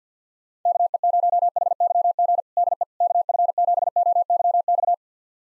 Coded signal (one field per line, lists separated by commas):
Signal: Morse code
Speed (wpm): 50 wpm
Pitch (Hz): 700 Hz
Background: none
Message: KE0HYG DE KF7OYX